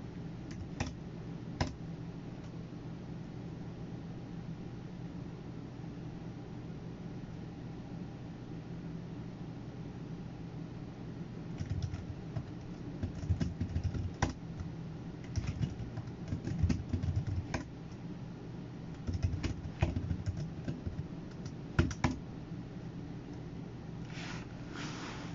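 Computer work is under way: a low, steady hum runs throughout, with a few soft key clicks early on. From about twelve seconds, typing and tapping become more frequent and irregular, with sharper clicks near the end.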